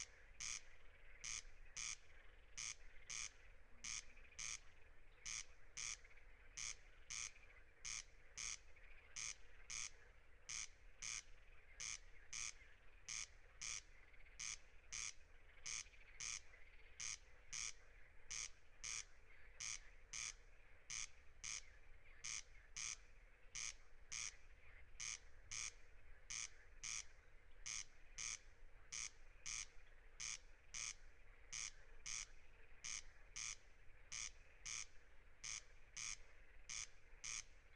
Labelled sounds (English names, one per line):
Corn Crake song